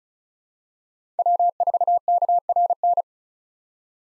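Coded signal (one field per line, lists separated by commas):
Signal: Morse code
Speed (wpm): 36 wpm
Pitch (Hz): 700 Hz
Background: none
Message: W4KRN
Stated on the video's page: Head-copy drill of common 2023 SOTA chaser call signs at 35 wpm; each call is sent in Morse, spoken, then sent again.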